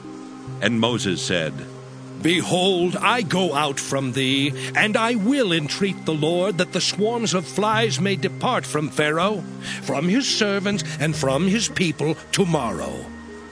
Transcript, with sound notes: And Moses said, Behold, I go out from you, and I will intreat Yahweh that the swarms of flies (mosquitoes) may depart from Pharaoh, from his servants, and from his people, to morrow: